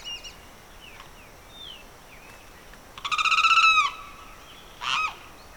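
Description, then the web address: Bird calls: soft whistled and chirping notes, then a loud, rasping note that begins with rapid pulses and holds steady, followed by a short harsh note. Evening birdsong in the Pantanal swamp, rural South America. "The BBC Sound Effects Library - Complete 60 CDs Collection Sound Effects Library- (Rural South America) Evening Birdsong, Pantanal Swamp"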